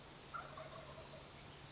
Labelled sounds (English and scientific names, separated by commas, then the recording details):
Wild Turkey (Meleagris gallopavo)
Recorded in Sonoma County, California